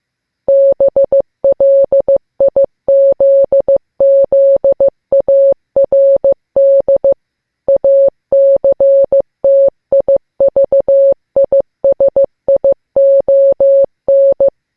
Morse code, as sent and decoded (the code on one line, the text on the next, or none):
-... .-.. .. --.. --.. .- .-. -.. / .- -.-. - .. ...- .. ... .. --- -.
BLIZZARD ACTIVISION